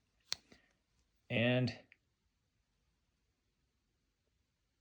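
The sheep's foot blade of a slip-joint folding knife is being folded closed into the handle, with a brief sharp tick near 0.3 s and a softer rustle near 0.5 s before someone talks briefly. The rest is near silence, and nothing has seated or clicked yet, as the clip ends just before the blade goes home.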